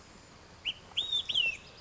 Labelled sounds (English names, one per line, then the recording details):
Olive-sided Flycatcher
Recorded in Sonoma County, California